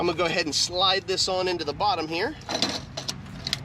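A portable water heater unit, a Joolca Hottap, is slid onto its mounting bracket at the bottom while someone talks. After the talk, a few short knocks sound around 3.0, 3.5 and 3.5 seconds. Nothing has seated or clicked yet.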